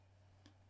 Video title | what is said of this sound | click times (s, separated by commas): How To Use SONY LENSES on CANON EOS-M | And then twist it to the right until you hear the click. | 0.5 s